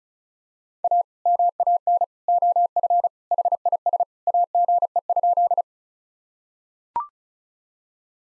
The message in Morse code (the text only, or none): A MAN OF HIS AGE?